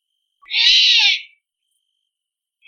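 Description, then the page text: Great horned owl giving one harsh, hissing screech lasting under a second, broad and rasping, with faint low tones beneath it; another sound begins just at the end. In a big forest. "Great horned owl call from big forest. Animal Sounds - Barren Ring of Fire - Gravatt Camp & Conference Center"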